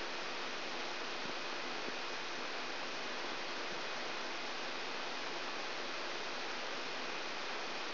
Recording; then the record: brain microelectrode recording played as sound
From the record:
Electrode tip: outside the subthalamic nucleus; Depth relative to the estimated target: -5 mm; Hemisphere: left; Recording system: AlphaMap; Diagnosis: Parkinson's disease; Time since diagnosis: 12 years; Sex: female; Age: 56 years